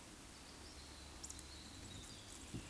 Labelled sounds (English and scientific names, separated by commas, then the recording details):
Eurasian Woodcock (Scolopax rusticola) whistle
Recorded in Baden-Württemberg, Germany, on 16 June 2021 at 19:57 UTC
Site 20675, 466 m above sea level